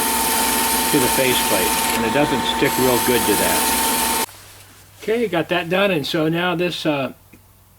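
A small turned wooden piece, the light of a lighthouse model, is handled near the turned recess in the wooden lighthouse body, but it has not snapped into place yet. Someone talks over a steady broadband noise with a constant tone that cuts off abruptly at about 4.3 s, leaving a quieter background as the talking continues. Nothing has seated or clicked by the end of the clip.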